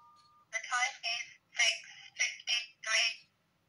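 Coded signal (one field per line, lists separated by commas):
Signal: speaking clock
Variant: English, Nokia phone voice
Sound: a short beep, then a synthetic voice speaking a few words, likely the time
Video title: Nokia 105(2013) - Speaking Clock English!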